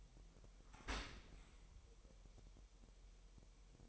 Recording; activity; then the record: daily activity, microphone in the room; open dishwasher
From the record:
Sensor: 1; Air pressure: 1000.6 hPa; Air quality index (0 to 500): 248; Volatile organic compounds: 145 ppm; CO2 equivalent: 4000 ppm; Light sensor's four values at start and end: 11/28/11/12 and 11/28/11/12